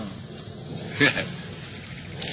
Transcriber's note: laughs